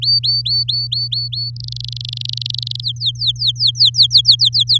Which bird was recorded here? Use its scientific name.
Serinus canaria